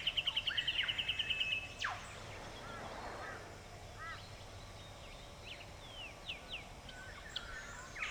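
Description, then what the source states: White-winged triller song: a fast, even trill of repeated notes lasting nearly two seconds, then scattered faint chirps and whistles over a low background hiss. Recorded in October 2006.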